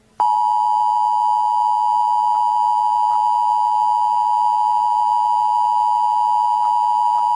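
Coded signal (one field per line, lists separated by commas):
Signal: Emergency Alert System (SAME) tones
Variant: 853 and 960 Hz attention tone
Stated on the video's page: Fictional EAS scenario, not a real alert.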